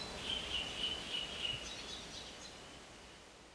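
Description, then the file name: Common nightingale song: a quick series of repeated, even notes, then a few softer higher notes fading out, over steady background hiss. "Luscinia megarhynchos"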